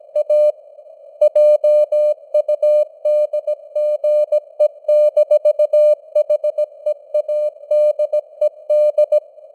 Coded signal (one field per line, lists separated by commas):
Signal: Morse code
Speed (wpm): 17 wpm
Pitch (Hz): 600 Hz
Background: none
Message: A JUDGE-HEADED